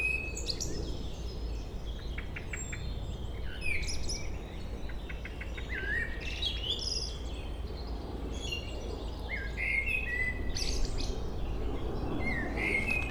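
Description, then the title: Common blackbird song: fluted whistled phrases with chirping and trilling notes over constant low rumbling background noise. Local blackbird singing along Chemin des cris, Chindrieux, France. "Chemin des cris, Chindrieux, France - Merle"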